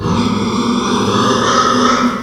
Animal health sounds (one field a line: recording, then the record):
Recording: squeal of a Yucatan mini pig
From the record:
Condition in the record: after surgery on the right vocal fold (resection and tissue-engineered implant)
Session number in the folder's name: 15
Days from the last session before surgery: 175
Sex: female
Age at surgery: 19 weeks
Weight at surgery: 25 kg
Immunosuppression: prednisolone